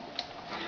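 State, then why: Seated. A small plastic tab on the foot of a Hasbro toy walker is snapped onto the walker's leg, giving one sharp, bright click at 0.2 s over a steady low background hiss. The tab seats and clips on tight.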